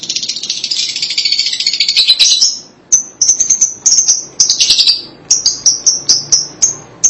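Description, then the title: Lovebird scratchy continuous chatter giving way to a series of short piercing squeaks, some run together into buzzy bursts. "BM Suara Burung Lovebird"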